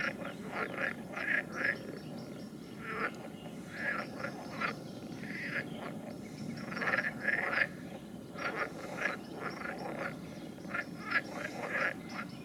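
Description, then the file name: Frogs croaking in a dense chorus, short pulsed croaks overlapping continuously with several callers at once, over a steady low background hum. "Ni Gi D - Nature Recordings - Frogs"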